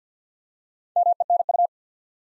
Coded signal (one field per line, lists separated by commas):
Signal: Morse code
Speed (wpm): 50 wpm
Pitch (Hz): 700 Hz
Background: none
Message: MENU